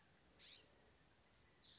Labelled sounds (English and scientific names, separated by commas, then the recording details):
California Scrub-Jay (Aphelocoma californica)
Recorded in Sonoma County, California